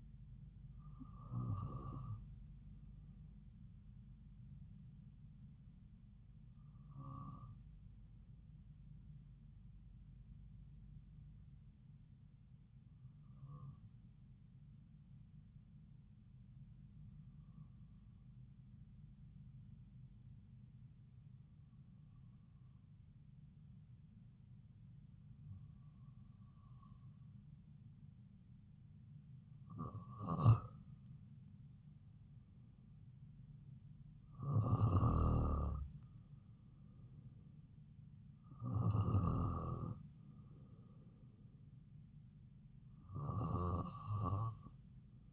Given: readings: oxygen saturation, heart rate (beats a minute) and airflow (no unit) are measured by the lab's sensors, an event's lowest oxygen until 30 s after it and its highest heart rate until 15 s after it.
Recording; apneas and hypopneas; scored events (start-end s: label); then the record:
breathing in sleep by a smartphone at the bedside; 1
9.00-31.10 s: hypopnea (N2, oxygen 97% highest, then 93% lowest)
From the record:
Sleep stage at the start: N2 (light sleep); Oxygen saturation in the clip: 93 to 97%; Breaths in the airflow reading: 11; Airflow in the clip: -3.7 to 3.9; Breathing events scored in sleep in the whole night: 270 in 6.1 hours asleep